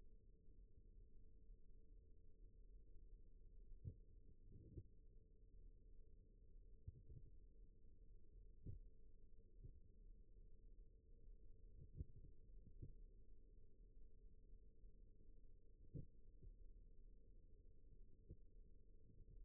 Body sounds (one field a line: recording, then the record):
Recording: forearm muscle sounds (acoustic myography)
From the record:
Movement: rest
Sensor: system 1, eight BSWA MPA416 microphones around the upper forearm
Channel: 7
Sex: female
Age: 20 years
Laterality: right